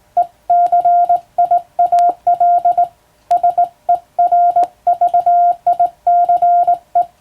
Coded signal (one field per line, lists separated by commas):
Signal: Morse code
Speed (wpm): 20 wpm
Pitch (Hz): 700 Hz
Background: none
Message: ECIAL SERVICE